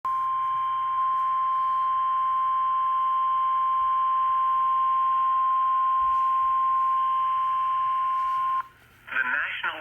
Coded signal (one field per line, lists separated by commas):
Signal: Emergency Alert System (SAME) tones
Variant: 1050 Hz attention tone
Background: speech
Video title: Another TX SVR EAS #288